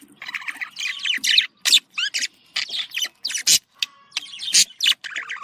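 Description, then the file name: Lovebird chatter: squeaky twitters, a quick wavering whistled note and bursts of harsh, high squawks in short uneven bouts. "Avaz Morgh Eshgh"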